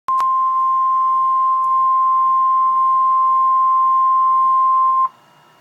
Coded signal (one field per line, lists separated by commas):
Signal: Emergency Alert System (SAME) tones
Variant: 1050 Hz attention tone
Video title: REAL EAS 898-Special marine warning